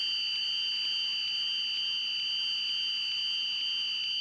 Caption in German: Ich habe einen sehr hochfrequenten Pfeifton, Trillerpfeife, ununterbrochen Tag und Nacht. Konzentrationsstörungen, weniger Lebensfreude bis hin zu depressiven Verstimmungen.